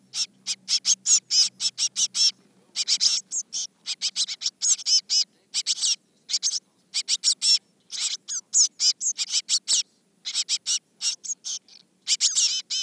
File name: Cyanistes caeruleus